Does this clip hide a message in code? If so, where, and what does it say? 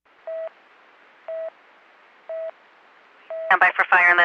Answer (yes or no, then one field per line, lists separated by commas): no